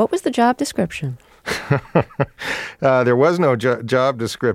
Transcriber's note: soundbite of laughter